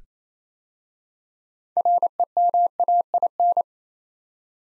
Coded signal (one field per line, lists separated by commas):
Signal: Morse code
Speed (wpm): 29 wpm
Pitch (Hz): 700 Hz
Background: none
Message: REMAIN